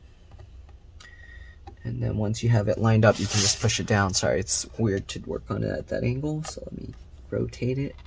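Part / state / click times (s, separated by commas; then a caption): drive activity light cable connector into logic board socket / not seated / none. The drive activity light cable connector of a Late 2012 Mac Mini A1347 is being lined up over its logic board socket, with small handling taps near 0.3, 0.7, 1.0 and 1.7 seconds before someone talks. Nothing has seated or clicked yet.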